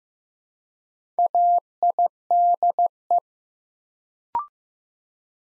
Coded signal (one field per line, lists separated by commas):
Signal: Morse code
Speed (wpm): 15 wpm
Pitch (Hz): 700 Hz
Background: none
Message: AIDE